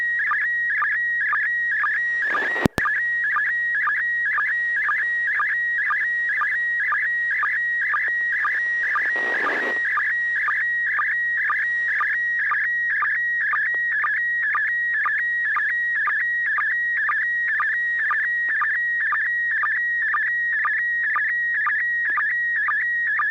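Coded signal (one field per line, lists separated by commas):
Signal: SSTV (slow-scan television)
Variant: PD120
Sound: steady whistling tone with rhythmic warbling chirps about twice a second, throughout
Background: low hum, radio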